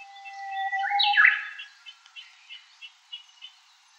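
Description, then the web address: Japanese bush warbler song: a sustained low whistle leading into a loud sliding two-part flourish, followed by soft scattered chirps from other birds. "ウグイス. arpla 鳥の声研究室"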